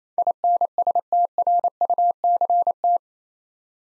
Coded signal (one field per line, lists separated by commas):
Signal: Morse code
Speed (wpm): 28 wpm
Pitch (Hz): 700 Hz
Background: none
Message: INSTRUCT